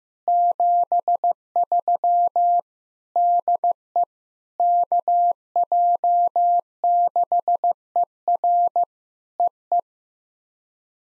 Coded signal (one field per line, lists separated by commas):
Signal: Morse code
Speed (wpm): 15 wpm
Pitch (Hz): 700 Hz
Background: none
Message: 73 DE KJ6ER EE